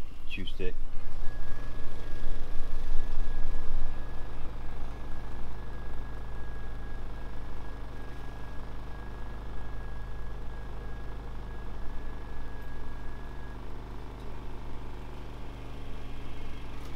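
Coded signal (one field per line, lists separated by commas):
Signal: FT8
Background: speech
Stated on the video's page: FT8 from a portable camping station using an Icom 7300 with an Alpha Delta DX-LB inverted-V antenna and laptop.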